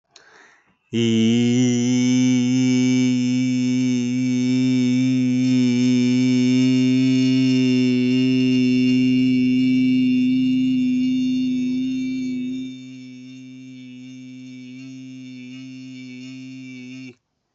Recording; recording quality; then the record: sustained vowel as in beet; excellent, no background noise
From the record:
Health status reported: healthy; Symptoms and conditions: none ticked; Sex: male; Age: 31 years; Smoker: not ticked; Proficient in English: yes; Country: India